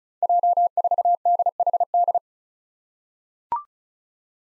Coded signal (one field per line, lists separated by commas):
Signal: Morse code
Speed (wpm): 36 wpm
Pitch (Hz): 700 Hz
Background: none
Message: J4DHD